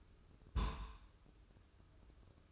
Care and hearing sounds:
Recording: daily activity, microphone in the room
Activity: place on stove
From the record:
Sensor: 2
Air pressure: 995.3 hPa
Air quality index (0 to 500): 78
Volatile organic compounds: 3 ppm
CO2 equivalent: 1390 ppm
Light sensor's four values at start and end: 22/73/29/27 and 22/73/29/27

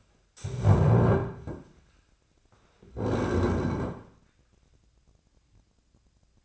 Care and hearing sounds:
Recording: daily activity, microphone in the room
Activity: stand up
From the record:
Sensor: 2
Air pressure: 1009.1 hPa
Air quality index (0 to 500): 174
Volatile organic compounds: 2 ppm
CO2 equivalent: 1266 ppm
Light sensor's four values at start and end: 34/89/38/40 and 38/99/42/45

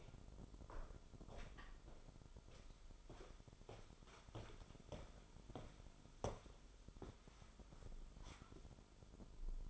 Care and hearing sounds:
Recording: daily activity, microphone in the room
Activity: walk to room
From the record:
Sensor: 5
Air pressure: 988.3 hPa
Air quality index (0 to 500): 192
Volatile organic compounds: 58 ppm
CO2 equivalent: 3396 ppm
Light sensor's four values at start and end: 47/143/56/60 and 48/139/55/60

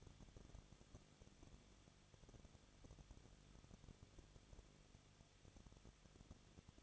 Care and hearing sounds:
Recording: daily activity, microphone in the room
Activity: no activity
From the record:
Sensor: 4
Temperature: 23.0 degrees Celsius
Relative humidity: 34.4%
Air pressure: 1007.3 hPa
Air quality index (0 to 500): 216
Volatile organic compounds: 15 ppm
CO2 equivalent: 2515 ppm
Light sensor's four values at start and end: 2/3/1/1 and 2/3/1/1

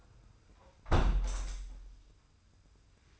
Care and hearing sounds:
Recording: daily activity, microphone in the room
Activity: close window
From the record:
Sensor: 2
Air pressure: 990.2 hPa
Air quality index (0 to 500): 204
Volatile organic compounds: 1000 ppm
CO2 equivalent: 6550 ppm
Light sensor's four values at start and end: 23/54/22/22 and 23/54/22/22

